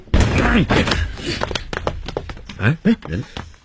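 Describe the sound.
A door is forced open with a series of sharp thuds and bangs, while voices talk and shout over the impacts.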